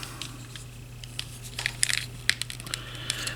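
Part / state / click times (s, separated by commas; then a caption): plastic leg covering into chest notch of a transforming action figure / seated / 2.3 s. The plastic leg covering of a Transformers Legacy United Animated Optimus Prime action figure is brought up and pressed so a piece in the foot lines up with a notch on the side of the chest. Several small, sharp plastic ticks come at about 1.7, 1.8 and 1.9 seconds over a steady low hum. The loudest snap at 2.3 seconds is the covering seating and securing in place, followed by lighter ticks near 2.7 and 3.1 seconds.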